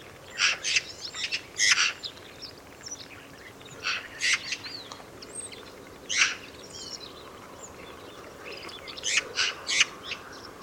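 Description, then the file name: Eurasian magpie uttering loud, harsh rasping calls, single or paired, separated by pauses, with a short run of bursts near the end. "Pica pica"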